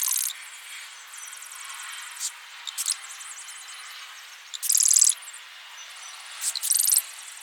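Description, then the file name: Marsh wren, short high buzzy rattles in irregular bursts, the loudest near the middle and end, with faint chattering notes between over a steady background hiss. "Cistothorus palustris - Marsh Wren"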